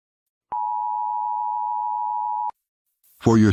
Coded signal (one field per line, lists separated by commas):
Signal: Emergency Alert System (SAME) tones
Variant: 853 and 960 Hz attention tone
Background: speech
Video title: THE FALL OF RUSSIA (eas scenario)